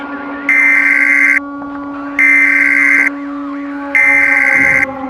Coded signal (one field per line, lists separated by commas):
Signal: Emergency Alert System (SAME) tones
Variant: header bursts